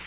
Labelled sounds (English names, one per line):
Yellow-rumped Warbler flight call